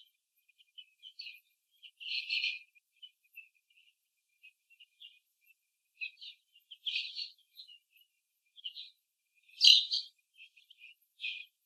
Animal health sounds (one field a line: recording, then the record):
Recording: young laying hens in a cage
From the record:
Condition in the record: after the stressor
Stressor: simulated dog barking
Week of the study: 3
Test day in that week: 1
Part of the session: 2